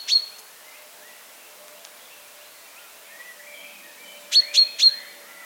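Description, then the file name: Common chaffinch sharp metallic call notes, one at the start and then a quick series of three near the end, with faint twittering between. "Fringilla coelebs"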